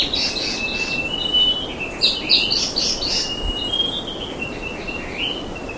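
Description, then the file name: Bird with a long, level whistled tone running throughout, mixed with clusters of quick, bright chirps above it and light background noise. "SABIOD 50 bird 2015"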